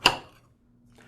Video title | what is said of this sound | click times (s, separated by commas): How to Replace the Push Button on a Weed Eater RTE113C String Trimmer (Part # 530403820) | and then the spool just snaps in place. | 0.1 s